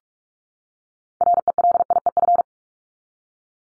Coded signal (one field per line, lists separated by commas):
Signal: Morse code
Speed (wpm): 44 wpm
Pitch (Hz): 700 Hz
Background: none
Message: RELIEF